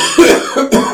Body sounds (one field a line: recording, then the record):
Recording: coughing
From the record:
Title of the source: Residual Phlegmy Morning Coughing and Gagging